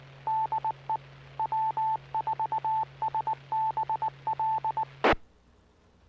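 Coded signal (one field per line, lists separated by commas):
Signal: Morse code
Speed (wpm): 19 wpm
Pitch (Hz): 880 Hz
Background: none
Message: DE W4SBL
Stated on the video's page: Weekly live net on the Sanibel Island VHF repeater, 146.790 MHz FM, -0.600 offset, PL 136.5, 25 W, antenna at 100 feet.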